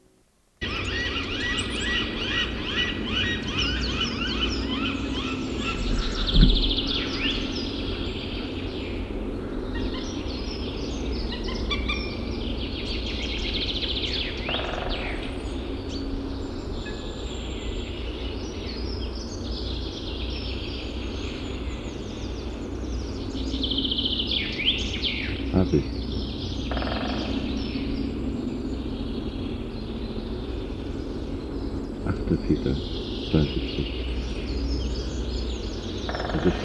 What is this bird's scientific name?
Accipiter gentilis